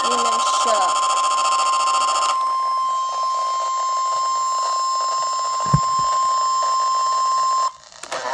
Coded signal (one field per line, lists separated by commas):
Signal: Emergency Alert System (SAME) tones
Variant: 1050 Hz attention tone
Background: speech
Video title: EAS double header Pennsylvania and Maryland severe thunderstorm warning